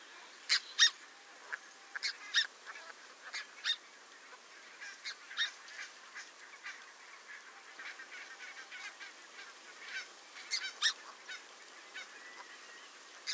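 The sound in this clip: Red-breasted goose: red-breasted geese calling together, sharp high yelping notes tumbling in quick doubled and overlapping bursts, with a busy chatter of fainter calls behind throughout.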